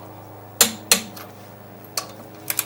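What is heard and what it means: A click-type torque wrench, its setting raised by 10, tightens the lug nuts on a new wheel on a Porsche to 110. It gives two sharp metallic clicks at its setting at 0.6 s and 0.9 s, followed by fainter ticks around 2.0 s and 2.5–2.6 s.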